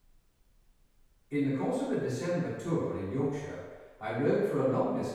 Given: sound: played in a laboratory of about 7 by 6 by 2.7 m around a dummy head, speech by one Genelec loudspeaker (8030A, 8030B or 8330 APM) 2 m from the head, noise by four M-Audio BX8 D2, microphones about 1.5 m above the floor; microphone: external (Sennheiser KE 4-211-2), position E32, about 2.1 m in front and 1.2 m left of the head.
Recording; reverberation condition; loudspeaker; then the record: male speech in English; high; behind (180 degrees)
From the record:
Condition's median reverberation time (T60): about 1300 ms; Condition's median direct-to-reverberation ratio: about -4.0 dB